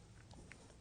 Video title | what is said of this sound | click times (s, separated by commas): SAVE MONEY CHANGE OWN IPHONE 8 PLUS SCREEN!!! | you're going to hear some clicks | 0.2 s, 0.3 s, 0.5 s